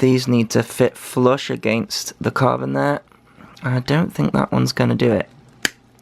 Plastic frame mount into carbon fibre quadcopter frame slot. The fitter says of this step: Ah, there you go. Click.